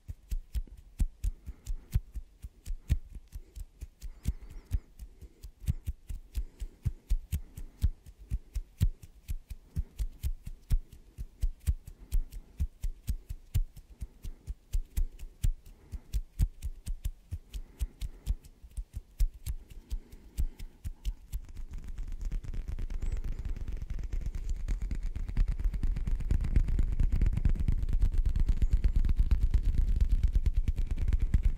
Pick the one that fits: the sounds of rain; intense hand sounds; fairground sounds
intense hand sounds